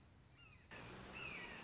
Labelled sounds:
Red-shouldered Hawk (Buteo lineatus)
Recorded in Sonoma County, California

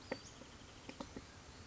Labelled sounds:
Western Flycatcher (Empidonax difficilis)
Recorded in Sonoma County, California

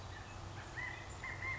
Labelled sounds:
California Quail (Callipepla californica)
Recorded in Sonoma County, California

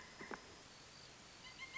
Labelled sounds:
Pileated Woodpecker (Dryocopus pileatus)
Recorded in Sonoma County, California

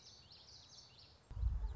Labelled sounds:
Common Yellowthroat (Geothlypis trichas)
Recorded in Sonoma County, California

